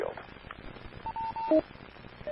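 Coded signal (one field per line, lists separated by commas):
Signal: none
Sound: a repeater's courtesy beeps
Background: speech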